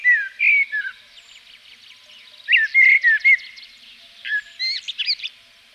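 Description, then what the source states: Common blackbird song in three phrases of fluted whistles, some ending in higher squeaky notes. Recorded in Provence.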